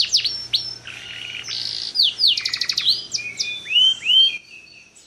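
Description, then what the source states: Canary song, a fast varied run of downslurred whistles, buzzy trills and rattles high in pitch; a faint low hum underneath. Kalitan-type canary singing actively (gacor) with long song phrases (suara panjang).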